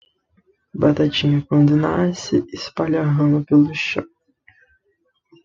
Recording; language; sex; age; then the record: short text; Brazilian Portuguese; male; 18 to 19 years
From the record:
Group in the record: control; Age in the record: 19 years